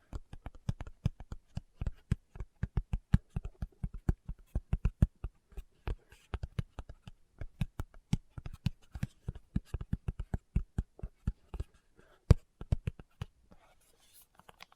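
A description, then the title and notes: Fingertips tap in quick, uneven bursts across the whole stretch, each a short dull knock with a low thump and a faint click on top. The taps come several per second in clustered runs with brief pauses, a few striking harder than the rest. ASMR Tapping with Fingertips (No Talking).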